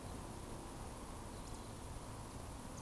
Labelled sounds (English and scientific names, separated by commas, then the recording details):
Eurasian Woodcock (Scolopax rusticola) whistle
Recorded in Baden-Württemberg, Germany, on 25 June 2020 at 20:18 UTC
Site 24578, 122 m above sea level